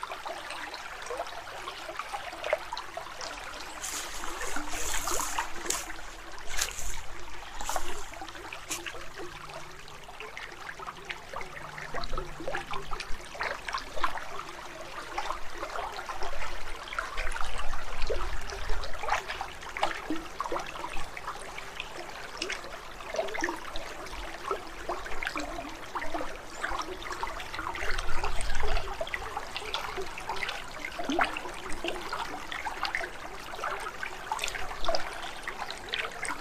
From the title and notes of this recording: Field Recording: A Sonic Landscape of Moccasin Bend. Forests and wetlands tucked into a big bend of the Tennessee River in Chattanooga, Tennessee.